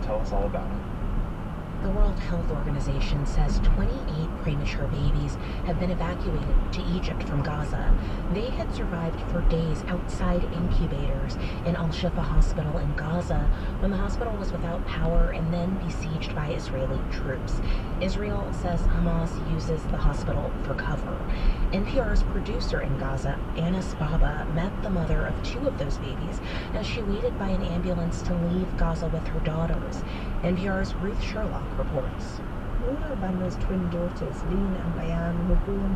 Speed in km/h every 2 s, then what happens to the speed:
64, 68, 66, 69, 71, 72, 71, 69, 71, 72, 72, 72, 72, 72, 74, 71, 69, 66.
0-9 speeds up to 72. 9-28 steady at about 72. 28-36 slows to 66.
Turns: none.